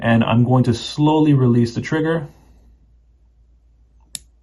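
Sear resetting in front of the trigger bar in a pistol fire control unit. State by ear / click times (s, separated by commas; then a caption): seated / 4.1 s. Someone talks, then slowly releases the trigger of a P320 pistol fire control unit after firing. After a quiet pause, a single sharp, bright reset click sounds at 4.2 s as the steel sear drops in front of the trigger bar, and the trigger is reset.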